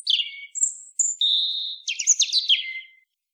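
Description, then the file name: European robin song: a varied phrase of high, thin whistles, a steady sustained note, then a rapid cascade of sparkling, descending twitters. "Erithacus rubecula"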